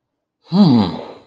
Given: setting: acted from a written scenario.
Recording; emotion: vocal sound without words; desire